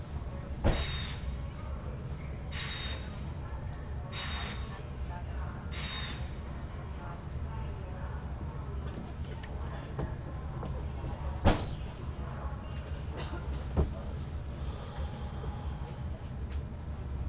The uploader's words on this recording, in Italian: Rotaie. Il treno nell'inverno sferraglia da Verona P. Nuova verso Milano.